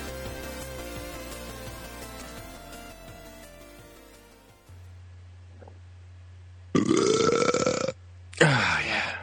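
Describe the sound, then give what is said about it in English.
After a stretch of music cuts out to a low steady hum, two loud, drawn-out burps follow, each about a second long, separated by a short pause. “I was thinking, I'm going to edit this out, and then I burped.”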